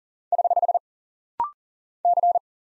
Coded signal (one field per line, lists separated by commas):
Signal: Morse code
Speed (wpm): 40 wpm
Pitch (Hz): 700 Hz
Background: none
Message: <HH> C